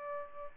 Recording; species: mosquito wingbeat signal from an infrared sensor; Aedes albopictus